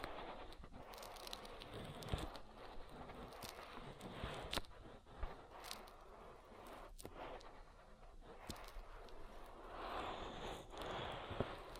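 Oil ear massage: a dense, continuous wet rubbing and squishing that fills the whole 12 seconds at a fairly even level. Sharp crackles and clicks pop out irregularly, several per second, with a few louder snaps around 2, 4.5, 7 and 11 seconds.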